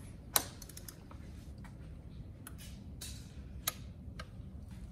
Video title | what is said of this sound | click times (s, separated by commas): Bronco 2.7 Ecoboost Detailed Oil Change. The missing 7th Quart | so you can hear the click there | 3.7 s